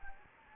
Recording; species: mosquito wingbeat signal from an infrared sensor; Anopheles gambiae